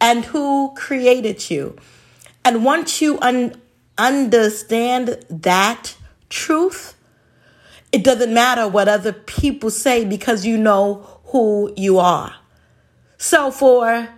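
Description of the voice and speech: An adult woman speaks in a mid-pitched voice with stuttering, including a part-word repetition ("un- understand") and drawn-out sounds with pauses between phrases. She has stuttered since childhood, when the stutter was severe, and still stutters as an adult.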